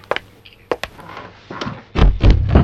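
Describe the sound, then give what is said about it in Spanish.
A person misses a chair and lands on the floor: a few sharp wooden knocks and scrapes, then a loud, heavy thud with a low, rumbling scuffle that lingers briefly. No one speaks. “¿No embocó en la silla? No se preocupe. No me gustan las sillas, por eso me senté en el piso.”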